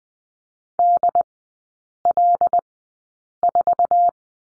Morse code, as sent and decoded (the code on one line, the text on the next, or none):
-.. .-.. ....-
DL4